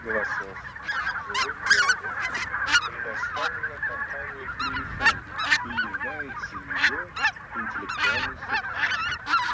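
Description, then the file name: Greater white-fronted goose: greater white-fronted geese in a flock, a dense, continuous chorus of overlapping yelping honks and cackles, many birds calling at once without pause. Flock chatter ('bazaar') of white-fronted geese, recorded for an electronic hunting lure. "Белолобый базар Oche Lombardelle"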